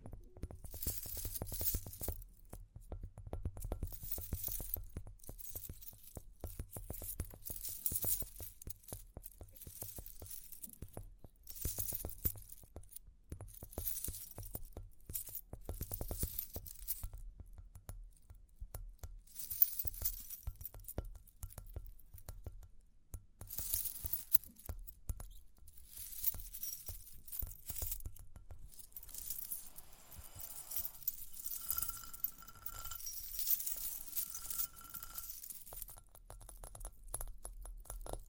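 Tapping and scratching go on throughout, dense clusters of small clicks and rubbing strokes that come in bursts every few seconds. Bright metallic jingling and clinking, like coins or keys, runs under them, with a pair of short tones near 31 and 34 seconds.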